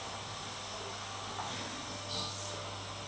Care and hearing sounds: daily activity, microphone in the room; vacuum cleaning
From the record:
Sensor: 3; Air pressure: 988.7 hPa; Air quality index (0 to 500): 201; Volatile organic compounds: 372 ppm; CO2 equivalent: 4624 ppm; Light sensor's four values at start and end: 22/71/30/25 and 22/71/29/25

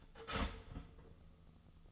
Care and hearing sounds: daily activity, microphone in the room; start toaster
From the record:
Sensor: 4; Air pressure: 1010.0 hPa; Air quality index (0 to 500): 180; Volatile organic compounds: 5 ppm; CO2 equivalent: 1822 ppm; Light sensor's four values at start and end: 22/67/26/26 and 23/68/26/26

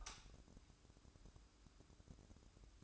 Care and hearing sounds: daily activity, microphone in the room; light on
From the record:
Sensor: 2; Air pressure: 1007.7 hPa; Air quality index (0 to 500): 77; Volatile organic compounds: 1 ppm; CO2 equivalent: 639 ppm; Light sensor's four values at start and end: 9/22/9/9 and 14/40/16/16

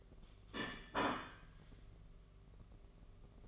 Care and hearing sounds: daily activity, microphone in the room; place plate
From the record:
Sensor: 4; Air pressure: 1015.9 hPa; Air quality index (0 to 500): 208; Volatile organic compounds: 13 ppm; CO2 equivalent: 2401 ppm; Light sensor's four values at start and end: 17/39/16/17 and 17/39/16/17

